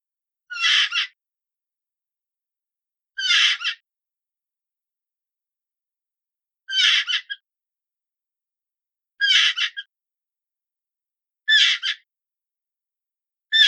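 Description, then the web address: Hyrax rasping shrieks given in a series of six, a few seconds apart, each a short scratchy burst. "aswat Wabbar"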